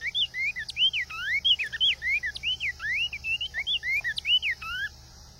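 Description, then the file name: Cinnamon tanager song, a fast run of clear slurred whistles rising and falling in pitch, delivered nearly nonstop for about five seconds. "Canto do bico de veludo"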